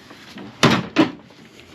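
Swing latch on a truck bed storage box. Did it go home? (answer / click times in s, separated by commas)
yes / 0.6 s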